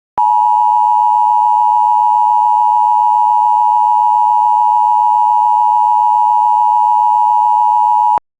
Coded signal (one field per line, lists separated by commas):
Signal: Emergency Alert System (SAME) tones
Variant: 853 and 960 Hz attention tone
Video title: Tennessee SVR From Memphis EAS #165